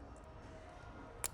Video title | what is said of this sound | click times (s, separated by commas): Meistech - A45 S AMG RaceChip Install & Dyno Test | Push it on, you hear it click, push the locking tab in. It's that easy. | 1.2 s